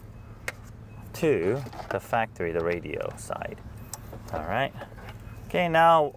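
A T-harness plug is pushed into the factory radio socket of a 2023 Toyota Tundra while installing a plug-and-play micro power amplifier. A single sharp click at 0.5 s marks the plug seating in the radio side. Someone then talks.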